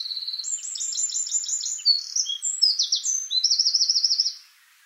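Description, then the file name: Eurasian wren song, a loud high-pitched rapid outpouring of trills and chattering notes, ending in a fast rattling trill. "Troglodytes troglodytes"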